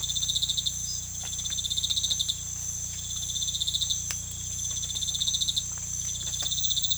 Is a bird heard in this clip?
no